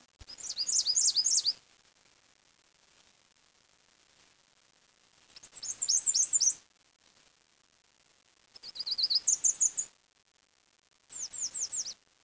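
Bird giving four short bursts of very high, thin, rapid notes, each under two seconds, separated by quiet gaps.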